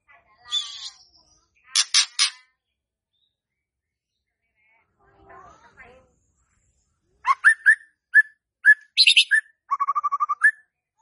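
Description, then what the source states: White-rumped shama song: harsh buzzy bursts, then loud whistled notes and a fast repeated trill, with a quieter gap in between. Lure song played to provoke stressed, stuck (non-singing) birds into singing.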